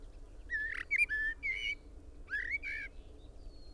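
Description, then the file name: Common blackbird giving flowing, fluty whistled notes that slide up and down, in two quick groups, over faint background hum. "Turdus merula"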